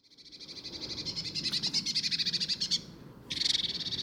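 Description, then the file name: Eurasian blue tit giving a long, rapidly pulsed buzzy churr that swells in loudness, then a short pause and another harsh burst. "Cyanistes caeruleus"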